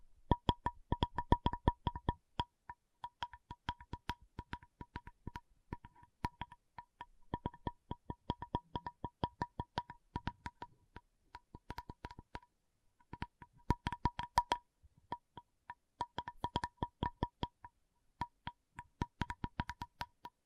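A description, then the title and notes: Tapping on a hard object whose every tap carries a short, ringing mid-pitched tone. Quick bursts of fast taps, as at the start, around 14 seconds and near 16, alternate with slower, scattered ones and brief silent gaps. No voices are heard. Tapping Session (No Talking).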